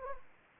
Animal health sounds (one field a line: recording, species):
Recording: mosquito wingbeat signal from an infrared sensor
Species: Anopheles arabiensis